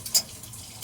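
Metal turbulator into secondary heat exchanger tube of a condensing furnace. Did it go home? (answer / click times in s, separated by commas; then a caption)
yes / 0.1 s. A metal turbulator is slid back into a secondary heat exchanger tube of a Goodman condensing furnace until it grabs the back of the tube. A short, sharp metallic click sounds at 0.1 s over a faint steady background hiss. The turbulator is seated and held so it won't slide forward.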